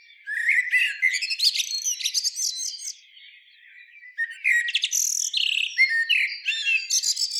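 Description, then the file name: Common blackbird giving two dense bursts of chattering, squeaky notes with rising and falling slurs, separated by a short pause. "Turdus merula"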